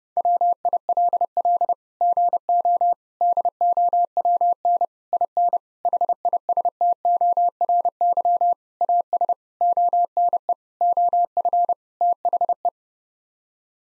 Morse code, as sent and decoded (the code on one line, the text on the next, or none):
.-- .. .-.. .-.. / --. --- / -.. --- .-- -. / .. -. / .... .. ... - --- .-. -.-- / .- ... / --- -. . / --- ..-. / - .... .
WILL GO DOWN IN HISTORY AS ONE OF THE